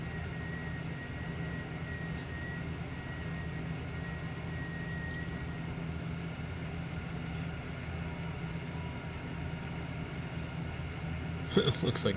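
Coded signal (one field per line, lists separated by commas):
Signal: FT8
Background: speech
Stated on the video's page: FT8 on a Xiegu X6100 running 5 W on battery power.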